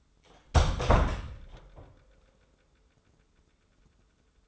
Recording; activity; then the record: daily activity, microphone in the room; close door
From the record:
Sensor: 3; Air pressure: 1015.2 hPa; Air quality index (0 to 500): 180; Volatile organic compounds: 17 ppm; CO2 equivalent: 2589 ppm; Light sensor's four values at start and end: 15/39/15/16 and 14/36/14/15